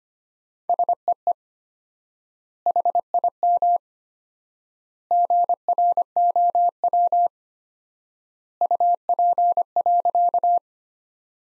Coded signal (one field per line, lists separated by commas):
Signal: Morse code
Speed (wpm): 25 wpm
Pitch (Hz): 700 Hz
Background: none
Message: SEE HIM GROW UP.